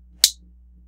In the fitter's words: push it on the plunger, get that started, and you'll know it's done when you hear that satisfactory click.